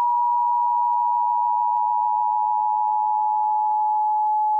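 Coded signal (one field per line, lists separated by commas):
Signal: Emergency Alert System (SAME) tones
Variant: 853 and 960 Hz attention tone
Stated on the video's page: Fictional EAS scenario made for entertainment, using valid SAME tones; loud.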